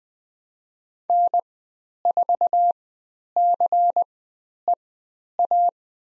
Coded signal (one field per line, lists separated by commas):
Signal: Morse code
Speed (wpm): 20 wpm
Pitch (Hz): 700 Hz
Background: none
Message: N4CEA